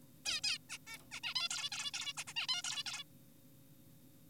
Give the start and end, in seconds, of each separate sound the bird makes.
0.25-0.41, 0.44-0.58, 0.70-0.78, 0.87-0.98, 1.11-1.20, 1.23-1.34, 1.36-1.49, 1.51-1.70, 1.72-1.91, 1.94-2.13, 2.17-2.24, 2.27-2.33, 2.36-2.47, 2.49-2.62, 2.64-2.84, 2.86-3.04